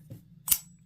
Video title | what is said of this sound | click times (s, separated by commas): Artisan Cutlery Fragarch Folding Knife - Overview and Review | It has that swing, that metallic sound. | 0.5 s